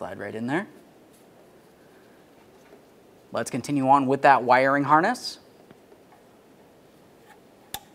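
A wiring harness connector is pressed onto the governor pressure solenoid on the transmission of a 1994-2002 Dodge Ram 2500. Someone talks, then after a quiet stretch a sharp, loud click sounds at 7.7 seconds as the connector seats.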